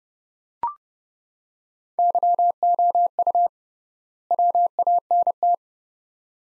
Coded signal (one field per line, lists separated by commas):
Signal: Morse code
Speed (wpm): 29 wpm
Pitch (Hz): 700 Hz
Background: none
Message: YOU WANT